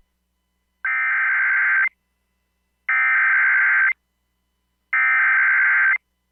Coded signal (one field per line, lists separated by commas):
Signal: Emergency Alert System (SAME) tones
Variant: header bursts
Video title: EAS Tornado Warning (On the Ground Over High School!) NOAA Weather Radio Tyler, Texas